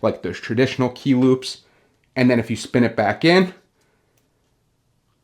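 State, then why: Not seated. Someone talks while a metal key ring is spun back into position, ahead of being pulled to snap closed into its body. After the talking stops, only a couple of faint, quiet ticks are heard, and nothing has latched or clicked shut yet.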